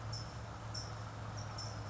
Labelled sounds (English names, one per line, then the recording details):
California Towhee
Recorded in Sonoma County, California